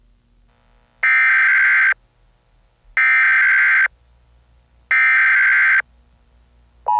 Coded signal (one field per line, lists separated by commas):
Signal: Emergency Alert System (SAME) tones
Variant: header bursts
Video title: EAS Scenario #58: DON'T ANSWER